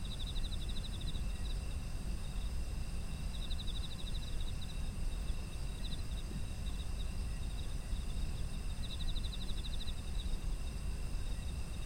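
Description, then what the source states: Insects trilling in rapid pulsed bursts at intervals of several seconds, above continuous high ringing tones and low background noise. Autumn insects, ambient environmental sound.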